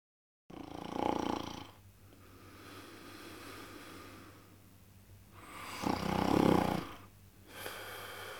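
Two loud, rough, rattling snores about five seconds apart, with quieter breathing between them and a faint low hum underneath. This is ordinary snoring in a sleeping adult man, a sound effect.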